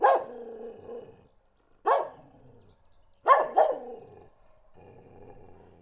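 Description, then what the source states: Dog barks once, then again, then gives a quick double bark. Dog barking in Listvyanka.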